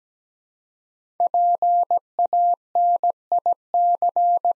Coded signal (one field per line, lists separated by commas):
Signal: Morse code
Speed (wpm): 17 wpm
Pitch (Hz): 700 Hz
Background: none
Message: PANIC